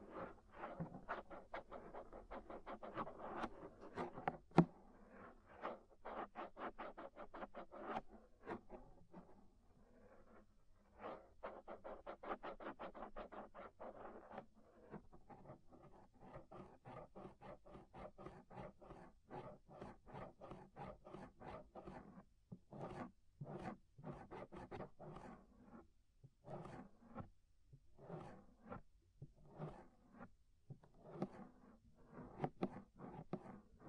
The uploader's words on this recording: Inner and Outer Ear Scraping (No Talking).